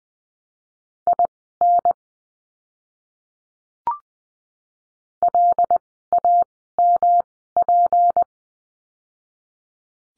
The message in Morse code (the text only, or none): IN LAMP